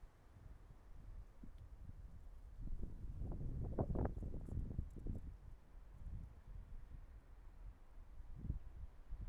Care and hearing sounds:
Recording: everyday scene through a hearing-aid microphone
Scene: wind on the microphone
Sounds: wind, traffic, birds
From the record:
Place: suburban garden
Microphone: behind the ear, right, front

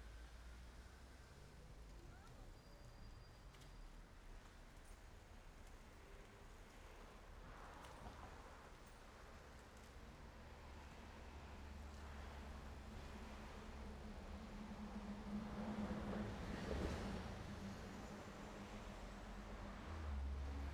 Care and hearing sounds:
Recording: everyday scene through a hearing-aid microphone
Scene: in traffic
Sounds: traffic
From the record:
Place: main road on the outskirts, rush hour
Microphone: behind the ear, right, front

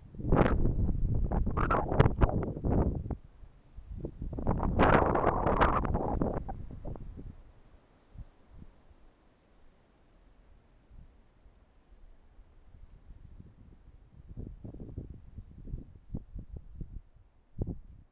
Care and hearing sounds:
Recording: everyday scene through a hearing-aid microphone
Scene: wind on the microphone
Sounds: wind, traffic, birds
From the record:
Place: suburban garden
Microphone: behind the ear, right, rear

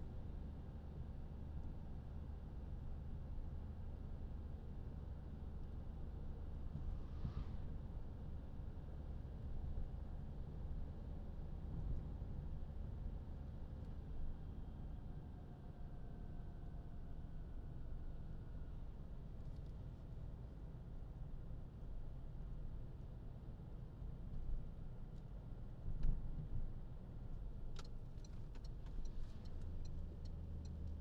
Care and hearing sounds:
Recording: everyday scene through a hearing-aid microphone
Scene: in a vehicle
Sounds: engine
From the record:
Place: Berlingo II, diesel engine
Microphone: in the ear canal, left

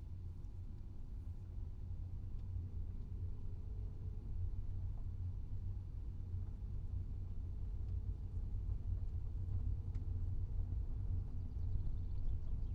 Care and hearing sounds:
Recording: everyday scene through a hearing-aid microphone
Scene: in a vehicle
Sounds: engine, rumble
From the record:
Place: Skoda Fabia, gasoline engine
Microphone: in the ear canal, right

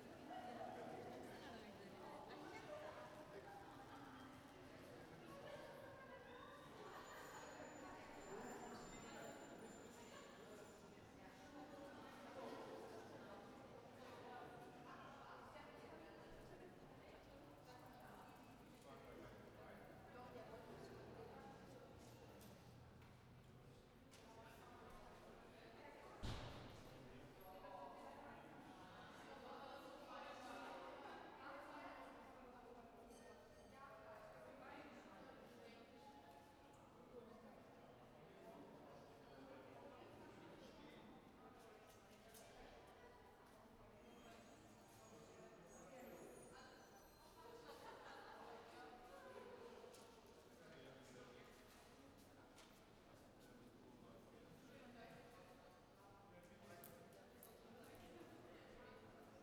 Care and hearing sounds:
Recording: everyday scene through a hearing-aid microphone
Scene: reverberant space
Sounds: background noise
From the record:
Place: railway station hall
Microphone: behind the ear, right, rear

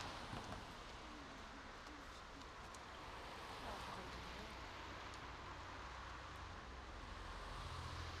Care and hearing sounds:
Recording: everyday scene through a hearing-aid microphone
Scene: in traffic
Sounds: traffic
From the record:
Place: main road on the outskirts, rush hour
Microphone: in the ear canal, right

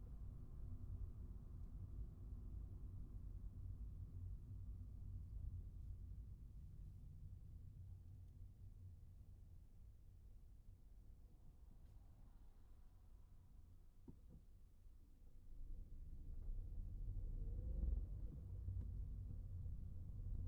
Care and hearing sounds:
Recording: everyday scene through a hearing-aid microphone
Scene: in a vehicle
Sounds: engine, traffic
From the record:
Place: Skoda Fabia, gasoline engine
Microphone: behind the ear, right, rear

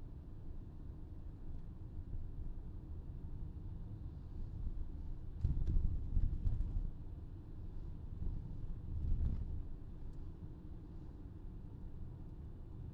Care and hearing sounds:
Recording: everyday scene through a hearing-aid microphone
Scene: in a vehicle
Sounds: engine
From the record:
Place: VW T5 Caravelle, diesel engine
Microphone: in the ear canal, left

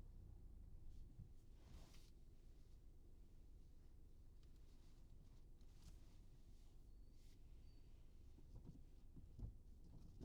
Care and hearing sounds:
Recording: everyday scene through a hearing-aid microphone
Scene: in a vehicle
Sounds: engine, traffic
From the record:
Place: Skoda Fabia, gasoline engine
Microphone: in the ear canal, right

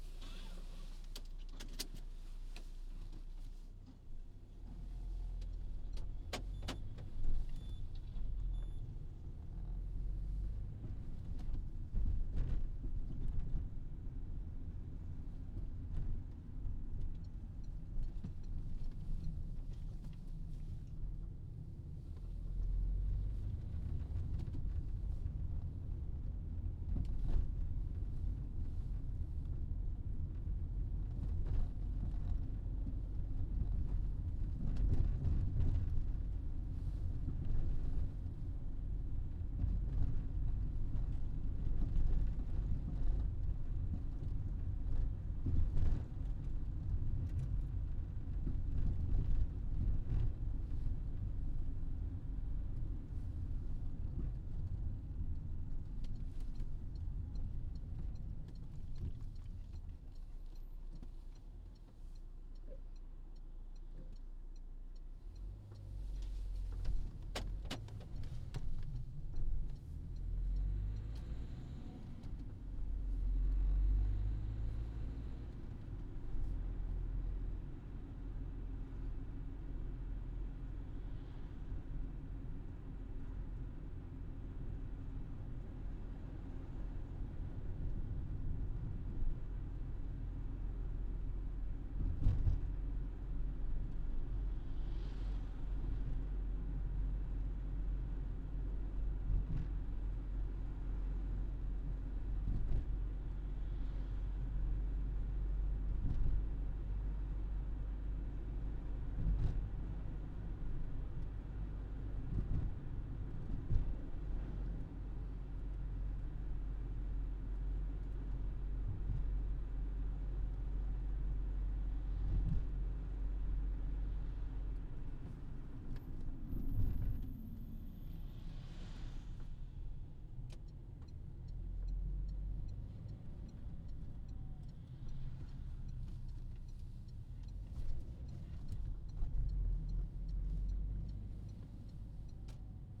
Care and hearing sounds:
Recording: everyday scene through a hearing-aid microphone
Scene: in a vehicle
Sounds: engine, other noises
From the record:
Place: Berlingo II, diesel engine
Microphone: in the ear canal, left

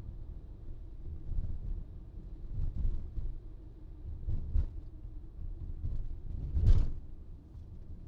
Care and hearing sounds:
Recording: everyday scene through a hearing-aid microphone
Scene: in a vehicle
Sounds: engine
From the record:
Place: VW T5 Caravelle, diesel engine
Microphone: in the ear canal, right

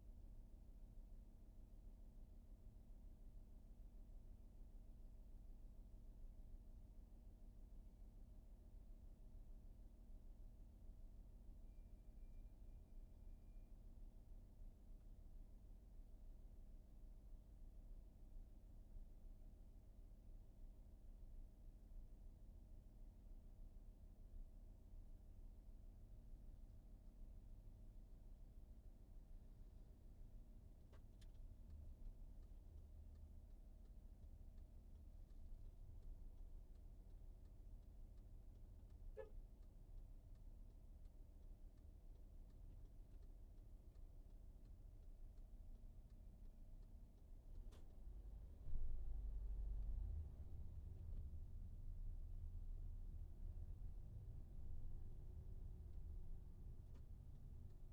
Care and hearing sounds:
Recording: everyday scene through a hearing-aid microphone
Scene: in a vehicle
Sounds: engine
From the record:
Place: VW T5 Caravelle, diesel engine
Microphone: behind the ear, right, front

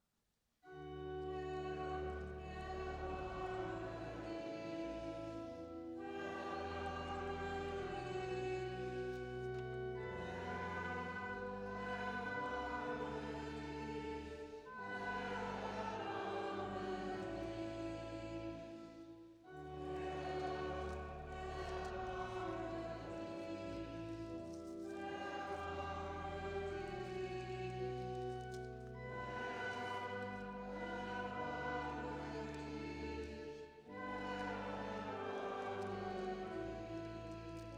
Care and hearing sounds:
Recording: everyday scene through a hearing-aid microphone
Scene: reverberant space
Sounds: music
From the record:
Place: church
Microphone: in the ear canal, right

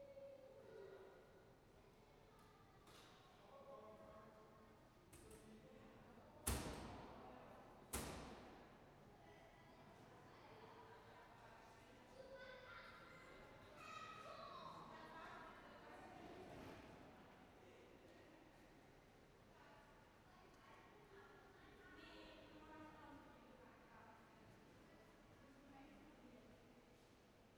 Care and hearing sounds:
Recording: everyday scene through a hearing-aid microphone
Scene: reverberant space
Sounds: background noise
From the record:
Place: railway station hall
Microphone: behind the ear, right, rear

